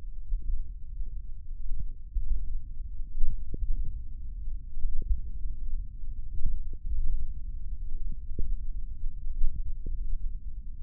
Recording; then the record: forearm muscle sounds (acoustic myography)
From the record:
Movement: finger pinch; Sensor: system 1, eight BSWA MPA416 microphones around the upper forearm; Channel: 5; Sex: male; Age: 20 years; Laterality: left